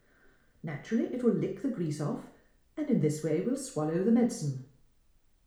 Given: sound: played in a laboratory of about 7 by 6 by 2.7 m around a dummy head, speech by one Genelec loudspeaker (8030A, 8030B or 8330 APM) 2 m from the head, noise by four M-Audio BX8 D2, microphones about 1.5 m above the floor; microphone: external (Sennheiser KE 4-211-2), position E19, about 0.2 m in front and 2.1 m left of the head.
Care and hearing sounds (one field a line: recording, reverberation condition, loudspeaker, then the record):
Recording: female speech in English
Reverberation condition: medium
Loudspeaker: 60 degrees to the left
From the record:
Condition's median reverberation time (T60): about 510 ms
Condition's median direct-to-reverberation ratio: about -0.5 dB